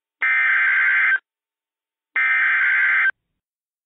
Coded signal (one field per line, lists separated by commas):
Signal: Emergency Alert System (SAME) tones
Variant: header bursts